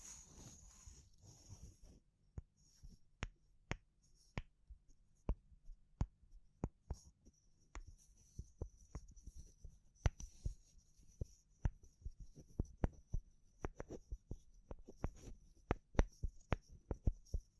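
Sharp, dry wood and bamboo taps land irregularly every half second or so, clustering faster near the end, over a faint low hum and high hiss.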